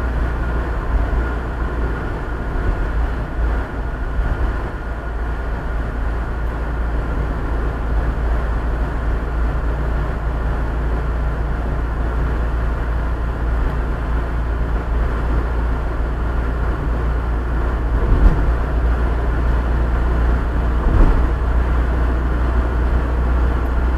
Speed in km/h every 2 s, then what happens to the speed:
56, 56, 54, 55, 54, 54, 55, 55, 56, 56, 56, 59.
0-24 steady at about 55.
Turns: none.